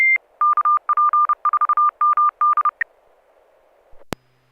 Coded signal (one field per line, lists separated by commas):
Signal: Morse code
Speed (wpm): 34 wpm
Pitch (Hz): 1200 Hz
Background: none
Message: KP4MD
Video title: N6NA SSTV Net - 07/24/2024